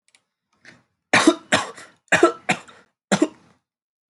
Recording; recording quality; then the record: shallow voluntary cough; excellent, no background noise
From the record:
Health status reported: healthy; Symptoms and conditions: asthma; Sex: male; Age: 22 years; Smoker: not ticked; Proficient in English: yes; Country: India